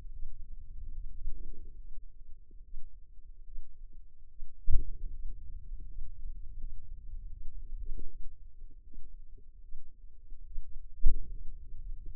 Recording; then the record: forearm muscle sounds (acoustic myography)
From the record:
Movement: finger pinch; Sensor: system 2, bracelet of six BSWA MPA416 microphones around the upper forearm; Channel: 2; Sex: female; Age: 25 years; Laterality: right